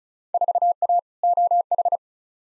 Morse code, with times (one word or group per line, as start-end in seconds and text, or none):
0.3-1.0 4A
1.2-2.0 OH